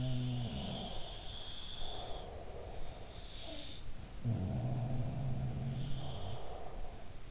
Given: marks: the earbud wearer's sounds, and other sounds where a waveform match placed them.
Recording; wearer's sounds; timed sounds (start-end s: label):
sounds in sleep by an in-ear microphone; breath
0.00-1.72 s: sound from someone else or the room
1.83-2.96 s: breath
3.24-7.31 s: sound from someone else or the room
6.07-7.08 s: breath